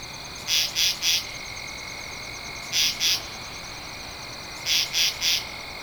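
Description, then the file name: Katydid giving short raspy pulse groups, three pulses, then two, then three, roughly every two seconds against a faint continuous high drone. Recorded 2 October 2012. "Katydid-20121002"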